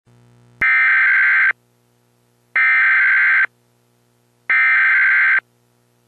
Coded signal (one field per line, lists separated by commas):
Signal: Emergency Alert System (SAME) tones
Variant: header bursts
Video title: EAS tornado warning issued for Hamilton&Herkimer counties NY.